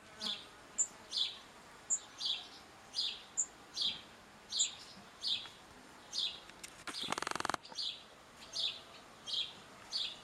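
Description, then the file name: House sparrow calls: a steady series of bright chirps, broken once by a brief burst of rustling noise. "Passer domesticus"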